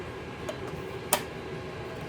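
A plastic cover is pressed back onto a rebuilt Jeep Wrangler gauge cluster housing. After a faint tick near 0.5 s, a single sharp snap rings out at 1.1 s as the cover seats, and the rest of the clip stays quiet.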